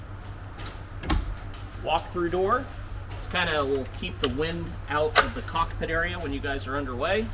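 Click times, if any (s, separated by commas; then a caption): 1.0 s, 1.1 s. A walk-through window on a Cobalt R8 Surf boat is closed and secured with its turn-and-lock latches, giving a short double click at 1.0 s and 1.1 s as the latch snaps shut and the window seats in place. Someone talks before and after the click.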